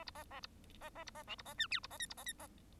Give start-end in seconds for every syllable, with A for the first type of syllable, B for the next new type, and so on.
0.81-0.90 A, 0.95-1.04 A, 1.06-1.11 B, 1.15-1.23 A, 1.27-1.35 C, 1.38-1.42 B, 1.45-1.54 A, 1.57-1.67 D, 1.70-1.80 E, 1.83-1.87 B, 1.90-1.97 A, 1.99-2.06 F, 2.09-2.14 B, 2.17-2.24 A, 2.26-2.33 F, 2.38-2.47 A